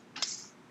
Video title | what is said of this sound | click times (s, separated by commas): IdeaWorks 2in1 Garden Folding Seat and Kneeler | it locks into place now that's what i want to hear before i sit down on something | 0.2 s